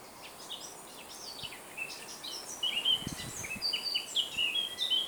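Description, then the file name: Eurasian blackcap song of scattered chattering notes that build into clearer whistled phrases near the end, with a few soft low thumps midway. "Sylvia atricapilla"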